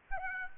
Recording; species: mosquito wingbeat signal from an infrared sensor; Aedes albopictus